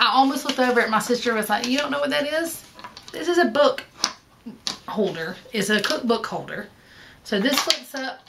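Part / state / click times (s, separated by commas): hinged support of a cookbook holder stand / not seated / none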